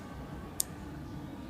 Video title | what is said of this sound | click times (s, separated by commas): SKAGEN Clasp | got that part on the bar and you want to push this firmly until you hear the snap that way it's secure | 0.6 s